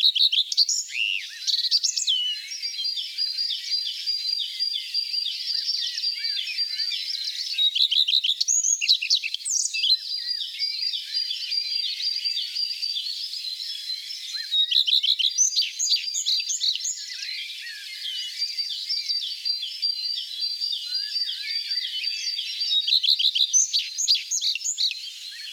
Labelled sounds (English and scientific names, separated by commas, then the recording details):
Common Redstart (Phoenicurus phoenicurus) song
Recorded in the wild
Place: Oberrotweil am Kaiserstuhl, Baden-Württemberg, DE
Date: 1989-05-27
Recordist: Schwarz, Dieter